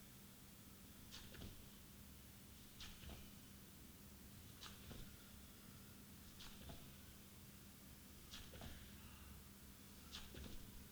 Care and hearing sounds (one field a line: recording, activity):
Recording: daily activity, guitar pickup as the sensor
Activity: jump